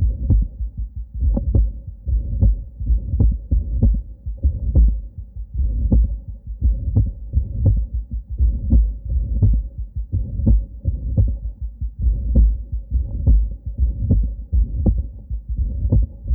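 Sharp heart sounds at about 75 a minute, slightly irregular, sit over a continuous low buzzing hum filling the gaps between beats. These are atrial flutter sounds, a rare and easily missed sign, rich in higher-pitched vibrations and heard at the heart base. They come from a woman of about 50 with atrial flutter and severe mitral regurgitation due to ruptured chordae tendineae of the mitral valve.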